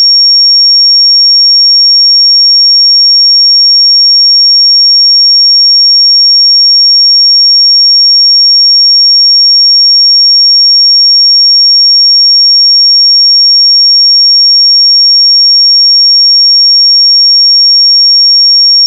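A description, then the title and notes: A pure sine tone at 5540 Hz holds perfectly steady for the whole clip, a single thin, bright, high whistle with nothing else around it. The loudness never changes, and no background sound or other event breaks the silence around the tone. 5540 Hz 1 Hz Interval Sine Pure Tone Frequency 441000 Sample Mono.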